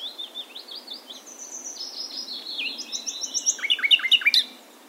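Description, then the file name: Common nightingale song: a long run of high twittering notes building into loud rapid repeated chirps and sharp clicks. "Luscinia megarhynchos"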